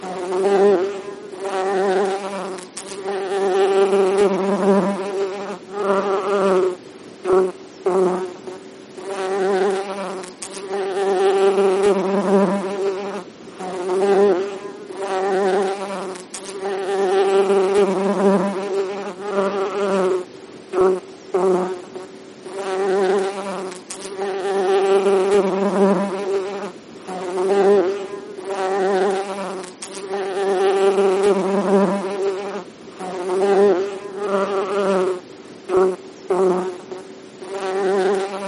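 Honeybees hum, a steady buzzing drone with a strong low tone around which brighter overtones waver as the insects shift and circle. The buzz swells and dips constantly, with brief near-silent gaps every few seconds.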